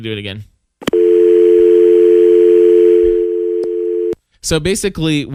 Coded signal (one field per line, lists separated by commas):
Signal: telephone call progress tone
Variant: North America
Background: speech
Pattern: dial tone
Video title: 104 Podcast Answer Man – Phone Interviews And Skype